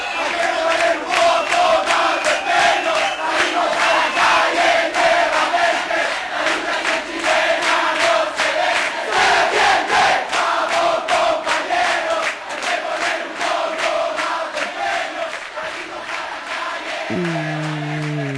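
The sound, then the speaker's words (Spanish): A large crowd of students in Chile chants protest slogans in loud, rhythmic unison, voices rising and falling in steady bursts, with a low, sustained tone entering near the end. “Con estos gritos de rebeldía y de protesta y de lucha y resistencia de los estudiantes de Chile, nos vamos despidiendo.”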